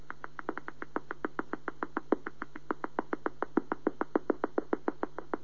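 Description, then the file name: Greater mouse-eared bat pulses as a fast, steady train of sharp clicks, even and unbroken throughout. "gr mausohr"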